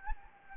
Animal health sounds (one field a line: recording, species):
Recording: mosquito wingbeat signal from an infrared sensor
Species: Anopheles gambiae